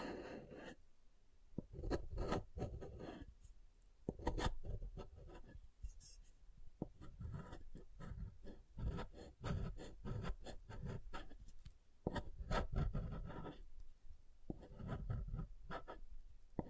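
Soft and hard soap being tapped and carved, with dense clusters of sharp ticks and scraping strokes running through the whole clip. The sounds come in irregular bursts, each stroke crisp and bright over a low thudding body, with brief quieter gaps near 6 and 12 seconds.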